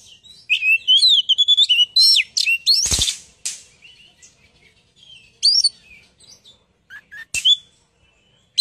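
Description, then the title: Bird song, rapid varied warbling and chirps at first, a harsh burst and a loud click, then scattered high chirps and whistles. "Kicau Burung Yoi"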